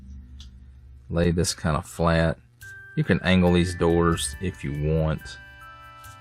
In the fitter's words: you can move the hood of the vehicle into position and you'll hear it snap into place